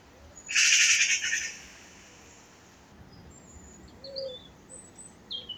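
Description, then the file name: Eurasian magpie making one grating, machine-gun-like chatter of about a second, followed by faint high chirps. "Pica pica"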